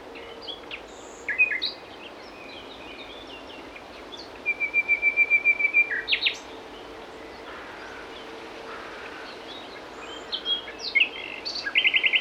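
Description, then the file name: Common nightingale song phrases, including a rapid run of repeated clear notes around four seconds and whistled, chattering bursts near the end, over steady background noise and a faint low hum. "Luscinia megarhynchos"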